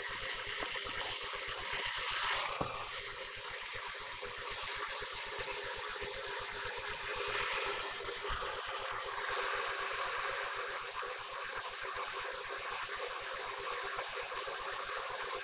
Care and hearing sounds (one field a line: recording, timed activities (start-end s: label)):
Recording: household activities, microphone on the right wrist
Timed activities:
0.00-15.43 s: making tea